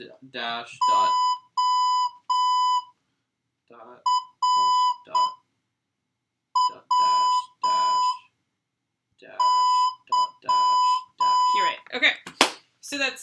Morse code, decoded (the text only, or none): ORWY